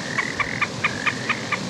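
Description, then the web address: Snipe song, a run of seven clipped, evenly spaced notes repeated roughly four or five times a second against a steady hiss. "cantos becandina"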